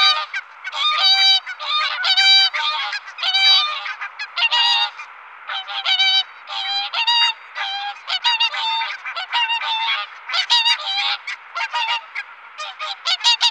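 Whooper swans giving loud bugling honks, many overlapping calls from several birds throughout.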